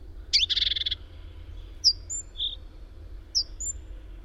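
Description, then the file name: Great tit calls: a sharp note opening a rattling, buzzy churr, then two phrases of a high slurred note followed by a thin whistle. "Parus major"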